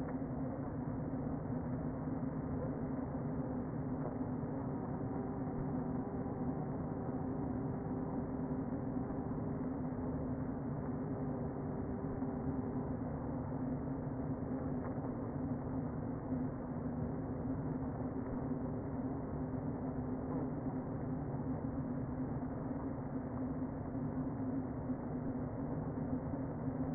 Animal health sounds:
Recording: honeybee colony, microphone inside the hive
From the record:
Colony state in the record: queen present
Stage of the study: before two queens were removed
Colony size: about 60,000 bees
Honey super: yes

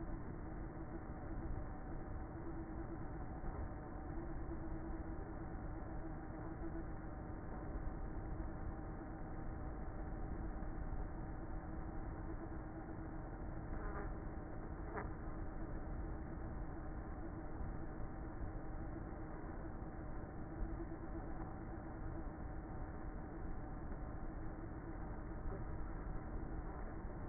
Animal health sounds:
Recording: honeybee colony, microphone inside the hive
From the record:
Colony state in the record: queenless with a low population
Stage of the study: before two queens were removed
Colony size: about 30,000 bees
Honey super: no

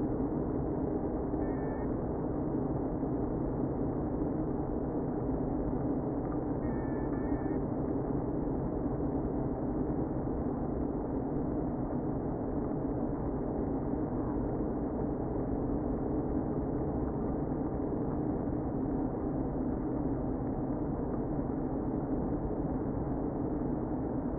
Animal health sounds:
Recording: honeybee colony, microphone inside the hive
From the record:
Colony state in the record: queen present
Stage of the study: before two queens were removed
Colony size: about 60,000 bees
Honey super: yes

